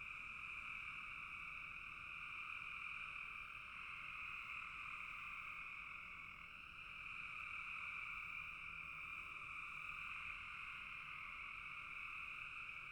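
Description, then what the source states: Constant frog chorus, a dense trilling drone in two layered bands, dipping briefly in loudness partway through, otherwise steady. Frogs in a bog.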